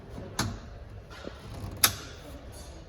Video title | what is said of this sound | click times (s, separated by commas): 2024 KZ RV CONNECT 241RLK STOCK # 13649 | it's locked into place opening this valve opens up the flow of propane to the unit | 1.8 s